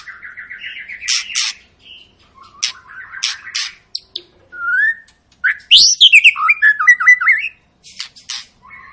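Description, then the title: White-rumped shama song opening with a fast trill and clicks, then pauses before a loud tumbling run of descending whistled and buzzy notes. Long lure song of an energetic, frequently singing bird, used to prompt other shamas to sing. "Pancingan Murai Batu Gacor Panjang"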